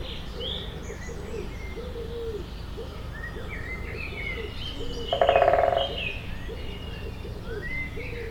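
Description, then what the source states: Woodpecker drumming, one fast, even roll lasting under a second, set against steady low cooing notes and scattered high bird chirps. Binaural recording.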